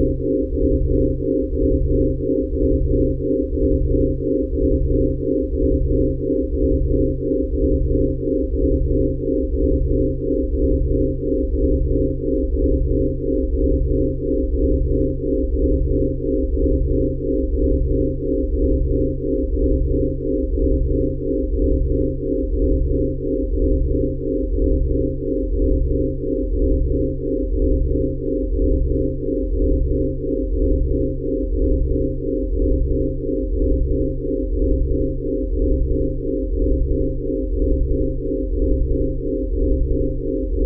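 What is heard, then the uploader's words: Binaural beats: steady layered low tones that pulse in a regular, quick wobble, roughly one beat per second, throughout the whole stretch. The sound is smooth and dense, sitting entirely in the low and low-middle range with nothing bright above and no other sounds. Binaural & pluraural beats made with recorded directly from the output of DIN is Noise at sandokan bay in berlin.eu.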